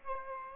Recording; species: mosquito wingbeat signal from an infrared sensor; Aedes aegypti